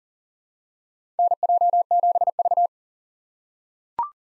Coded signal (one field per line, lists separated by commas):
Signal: Morse code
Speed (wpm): 39 wpm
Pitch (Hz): 700 Hz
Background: none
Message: NJ7V